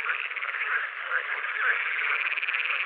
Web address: Pool Frog